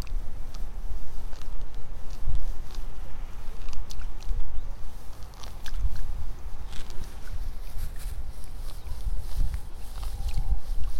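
Someone is pulling rice seedlings one by one in a flooded nursery bed. Small splashes, drips and soft clicks come every second or so over a steady low rumble, with brief pattering bursts around the middle and near the end.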